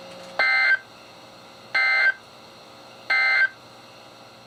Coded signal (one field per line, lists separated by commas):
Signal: Emergency Alert System (SAME) tones